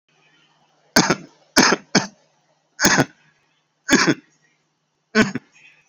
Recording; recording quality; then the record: shallow voluntary cough; excellent, no background noise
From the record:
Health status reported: COVID-19 positive, moderate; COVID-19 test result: positive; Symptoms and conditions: cough, breathing difficulty, sore throat, fever, fatigue, muscle pain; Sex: male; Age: 43 years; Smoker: not ticked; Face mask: not worn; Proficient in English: yes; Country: India